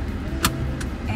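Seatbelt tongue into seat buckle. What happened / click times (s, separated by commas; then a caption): The seatbelt buckle latched / 0.4 s. In a 2024 Honda BR-V Tour 1.5 V CVT, the driver pushes the metal seatbelt tongue into the seat buckle, making a sharp, short click at 0.4 s over a steady low hum. A fainter tick follows at 0.8 s, and the seatbelt buckle is latched.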